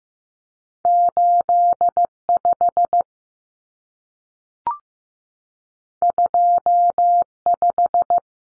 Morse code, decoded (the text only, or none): 85 25